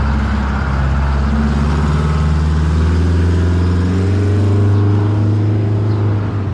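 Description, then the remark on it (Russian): A blue bus's engine rumbles steadily with a deep, throaty drone whose tone creeps slightly higher as it keeps running, as the bus appears at the end of a street by a bus stop; loud and continuous throughout with no voices. “Только Катя подошла к остановке, в конце улицы показался синий автобус.”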